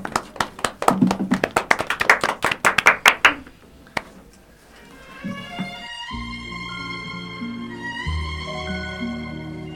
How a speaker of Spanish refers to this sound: Bueno, gracias por haber pasado por aquí, chicos. Un aplauso.